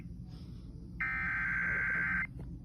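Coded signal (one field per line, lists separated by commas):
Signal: Emergency Alert System (SAME) tones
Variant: header bursts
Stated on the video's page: Severe thunderstorm warning aired on FM station 96.1 WSTO.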